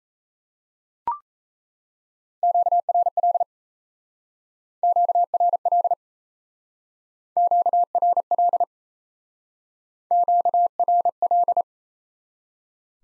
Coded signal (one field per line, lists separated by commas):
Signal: Morse code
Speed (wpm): 34 wpm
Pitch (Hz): 700 Hz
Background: none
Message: QRL QRL QRL QRL